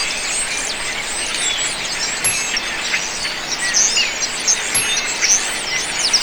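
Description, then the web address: Birds calling in a noisy flock, countless high chirps and squeaks overlapping into a continuous, dense chatter with no pauses. "telaak. Flockof Noisy Birdsnew"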